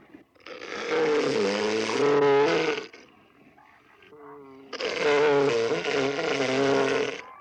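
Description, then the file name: Elephant seal roars: two long, harsh, throaty bellows with a rough, buzzing tone, each about two and a half seconds long, separated by a quieter grumbling pause. "Morskoi slon"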